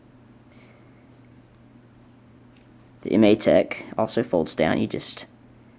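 A MaTech folding rear iron sight on a Picatinny rail is being folded down by hand while someone talks over a quiet background. The clip ends before the sight reaches its folded position, so nothing has seated or clicked yet.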